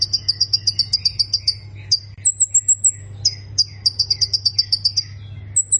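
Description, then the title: Plain prinia song in quick bursts of high, tinny repeated notes, broken by a brief high whistled series, with a low steady hum in the background. "Ciblek Sawah"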